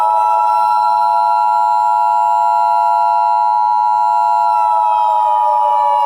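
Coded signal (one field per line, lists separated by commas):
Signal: Emergency Alert System (SAME) tones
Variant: 853 and 960 Hz attention tone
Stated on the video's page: Fictional EAS scenario recombined from two parts of an older scenario.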